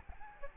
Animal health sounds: mosquito wingbeat signal from an infrared sensor; Aedes albopictus

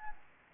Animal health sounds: mosquito wingbeat signal from an infrared sensor; Anopheles gambiae

